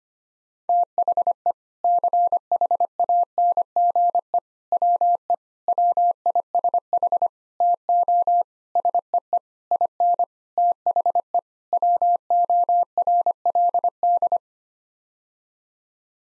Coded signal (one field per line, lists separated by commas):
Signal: Morse code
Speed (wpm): 25 wpm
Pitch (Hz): 700 Hz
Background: none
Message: THE CHANGE WE WISH TO SEE IN THE WORLD